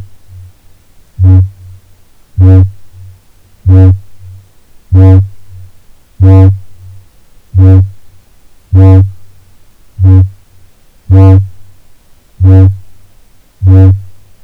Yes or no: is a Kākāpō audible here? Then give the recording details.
yes. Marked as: faintness 1/5. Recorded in New Zealand. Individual Ben